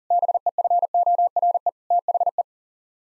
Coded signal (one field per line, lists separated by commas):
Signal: Morse code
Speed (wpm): 40 wpm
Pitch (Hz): 700 Hz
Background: none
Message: BEFORE THE